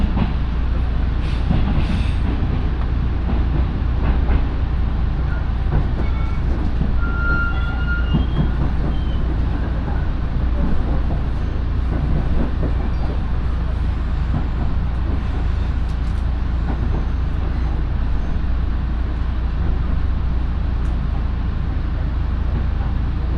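A local train on the Minobu Line runs from Minobu toward Ichikawadaimon, its low rumble steady for the whole stretch. Rattles and clanks from the wheels and carriage come irregularly, with a short high squeal near seven seconds and faint speech underneath.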